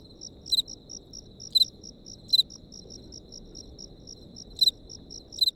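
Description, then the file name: Crickets giving quick high pulsed chirps, with loud double clicks at irregular gaps, and soft low rumble underneath. Crickets recorded close up. "tomas miguel - grillos close up"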